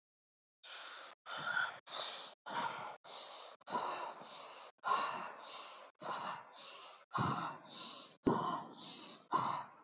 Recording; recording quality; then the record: shallow breathing; excellent, no background noise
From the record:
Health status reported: healthy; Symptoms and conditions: hypertension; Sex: male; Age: 34 years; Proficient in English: yes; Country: India